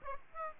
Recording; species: mosquito wingbeat signal from an infrared sensor; Aedes aegypti